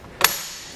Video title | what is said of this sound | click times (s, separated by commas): etrailer - Review of the Thule Apex XT Bike Rack for 5 Bikes | then we can tilt it back up till it makes that loud audible click | 0.2 s